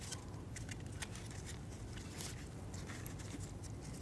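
A new power window switch for a 2012-2022 Volkswagen Passat is handled and pushed down toward its plastic door trim bezel so the tabs on both sides can seat. Only faint ticks, rustles and a short sharp tick are heard over a steady low background. Nothing has seated or clicked yet.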